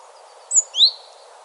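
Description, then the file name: Great tit call: a single high thin note followed by a sweeping slurred whistle, loud against a quiet background. "Parus major"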